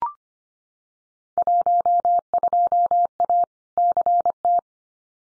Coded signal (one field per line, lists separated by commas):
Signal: Morse code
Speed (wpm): 25 wpm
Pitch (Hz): 700 Hz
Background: none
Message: 12A CT